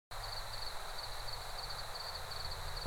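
Crickets chirping: a steady high pulsed trill broken into short chirps a few times a second, over a constant low rumbling background.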